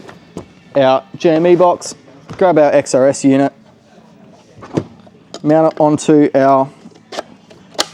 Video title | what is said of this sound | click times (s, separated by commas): Ford Ranger Next-Gen & Super Duty - Plug & Play UHF Communication Bundle - Installation Video | body bracket and clicks into place just like so. | 7.8 s